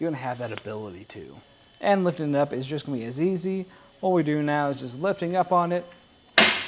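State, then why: Seated. A Kuat Sherpa 2.0 hitch bike rack for 2 bikes on a 2023 Cadillac XT5 is lifted back up from its tilted-down position while someone talks. At 6.4 s a single sharp metal click is heard as the tilt latch on the rack mast clicks into place, seating the rack upright.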